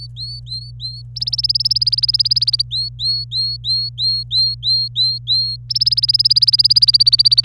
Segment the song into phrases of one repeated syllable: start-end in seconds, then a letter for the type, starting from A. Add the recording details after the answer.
0.00-1.02 A, 1.16-2.62 B, 2.71-5.56 A, 5.69-7.44 B. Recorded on 25 April 2018 at 14:37. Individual llb3